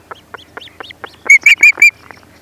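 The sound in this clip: Osprey call: a few soft, faint upslurred notes, then four loud, sharp whistled chirps in quick succession.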